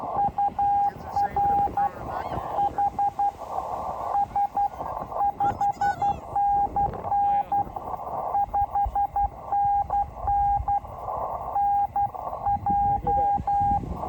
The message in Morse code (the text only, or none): UR HS 5NN 5NN NJ